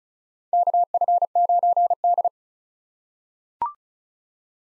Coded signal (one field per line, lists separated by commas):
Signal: Morse code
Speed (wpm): 34 wpm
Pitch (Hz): 700 Hz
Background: none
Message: KF9D